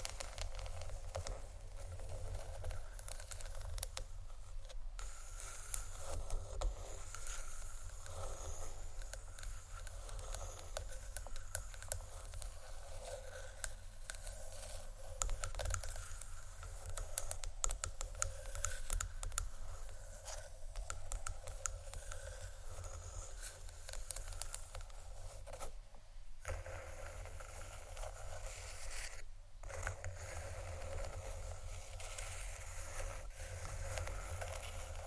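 Wooden ASMR triggers give a dense, continuous stream of fast taps and scrapes over a low hum, with brief pauses near 26 and 29 seconds.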